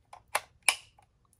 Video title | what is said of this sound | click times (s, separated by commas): PrintMaker We R Memory Keepers Demonstration | you hear the click and that's it you're done | 0.7 s